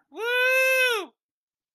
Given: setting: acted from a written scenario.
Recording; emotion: vocal sound without words; elation